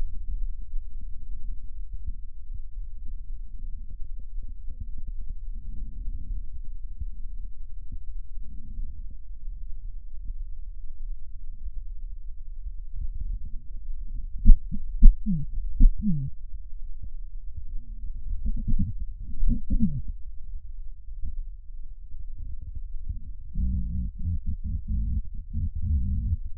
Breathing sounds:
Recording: lung sounds by stethoscope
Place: left posterior apical chest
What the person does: quiet breathing, then cough and speech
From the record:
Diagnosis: COPD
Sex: female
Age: 72 years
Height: 156 cm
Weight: 72 kg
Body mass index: 29.6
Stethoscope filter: bell mode

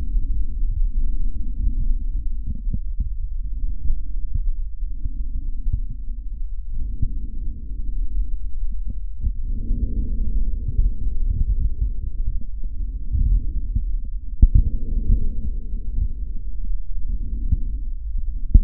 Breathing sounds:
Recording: lung sounds by stethoscope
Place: trachea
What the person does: quiet breathing, then deep breathing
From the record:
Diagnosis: COPD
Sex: male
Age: 65 years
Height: 162 cm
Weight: 67.8 kg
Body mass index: 25.8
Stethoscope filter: bell mode

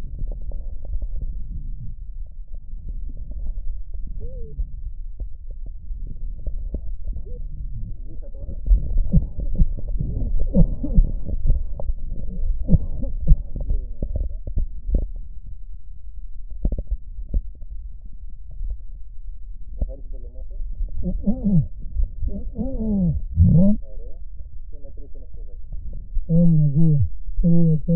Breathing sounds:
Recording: lung sounds by stethoscope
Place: right posterior basal chest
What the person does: quiet breathing, then cough and speech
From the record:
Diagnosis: COPD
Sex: male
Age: 75 years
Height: 182 cm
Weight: 98 kg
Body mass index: 29.6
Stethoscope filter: extended mode

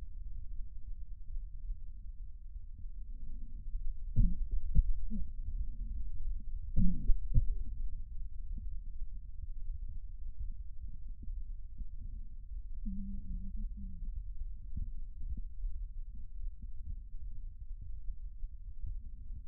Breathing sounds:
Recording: lung sounds by stethoscope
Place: left anterior apical chest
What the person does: quiet breathing, then cough and speech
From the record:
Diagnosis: interstitial lung disease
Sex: female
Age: 53 years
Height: 168 cm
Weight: 108 kg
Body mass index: 38.3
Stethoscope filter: bell mode

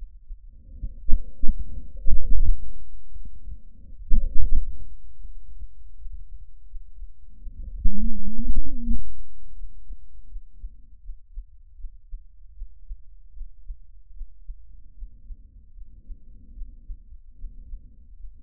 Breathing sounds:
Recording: lung sounds by stethoscope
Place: trachea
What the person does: quiet breathing, then cough and speech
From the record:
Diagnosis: interstitial lung disease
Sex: female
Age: 60 years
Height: 152 cm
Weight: 55.9 kg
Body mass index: 24.2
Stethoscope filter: bell mode

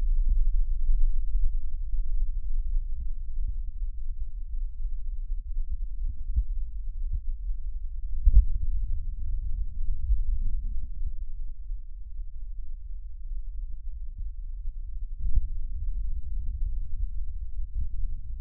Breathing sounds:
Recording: lung sounds by stethoscope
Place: right posterior basal chest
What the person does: quiet breathing, then deep breathing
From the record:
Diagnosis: COPD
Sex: male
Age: 59 years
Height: 171 cm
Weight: 91.4 kg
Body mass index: 31.3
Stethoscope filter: bell mode

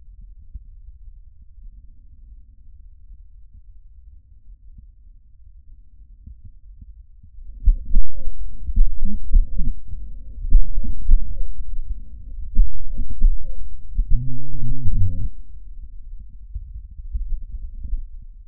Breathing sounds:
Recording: lung sounds by stethoscope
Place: trachea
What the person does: quiet breathing, then cough and speech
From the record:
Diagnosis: COPD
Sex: male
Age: 77 years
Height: 172 cm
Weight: 94 kg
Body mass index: 31.8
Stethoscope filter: bell mode

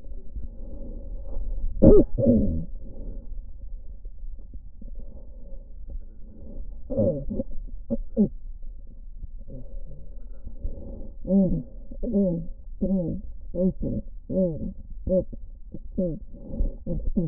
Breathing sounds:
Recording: lung sounds by stethoscope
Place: left posterior basal chest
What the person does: quiet breathing, then cough and speech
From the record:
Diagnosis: interstitial lung disease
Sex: female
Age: 72 years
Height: 153 cm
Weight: 71 kg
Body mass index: 30.3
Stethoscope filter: diaphragm mode

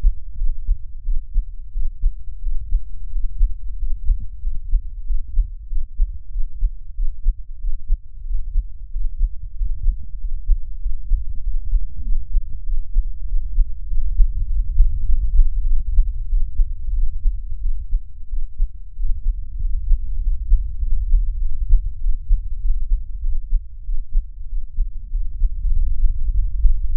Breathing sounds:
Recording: lung sounds by stethoscope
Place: right anterior apical chest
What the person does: quiet breathing, then deep breathing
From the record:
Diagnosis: none (healthy)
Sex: male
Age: 23 years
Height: 185 cm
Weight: 93 kg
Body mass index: 27.2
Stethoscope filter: bell mode

